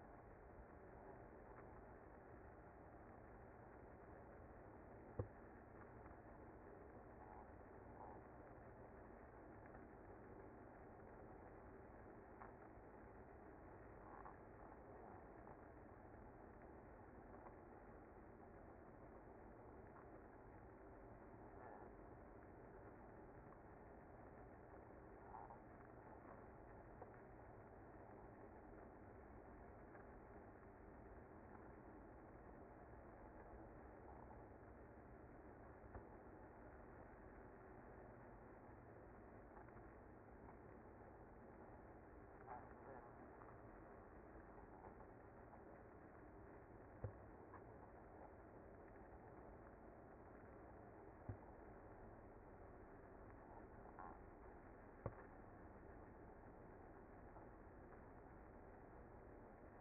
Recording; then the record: honeybee colony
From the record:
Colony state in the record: active